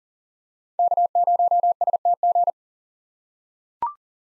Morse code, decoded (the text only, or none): K0STG